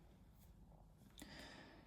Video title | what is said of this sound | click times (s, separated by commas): PC Build Guide - £250 Gaming PC | Line it up and then use thumbs and just press it in until it clicks. | 1.2 s